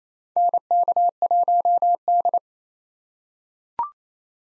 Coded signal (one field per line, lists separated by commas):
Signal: Morse code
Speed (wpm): 28 wpm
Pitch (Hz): 700 Hz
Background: none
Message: NK1D